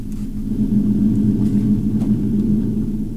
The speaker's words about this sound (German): Was war das? Etwas wie Donner. Na also, da habt ihr euren Donner. Was schließe ich daraus? Nein, es ist kein Gewitter.